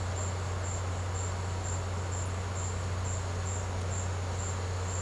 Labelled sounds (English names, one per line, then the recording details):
none
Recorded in secondary vegetation near Puerto Asís, Putumayo, Colombia, on 19 March 2025 at 15:30
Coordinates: 0.468, -76.324
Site G059